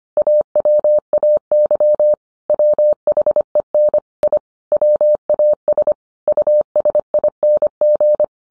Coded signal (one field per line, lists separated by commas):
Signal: Morse code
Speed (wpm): 25 wpm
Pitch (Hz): 600 Hz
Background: none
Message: AWAY WHEN I WAS USING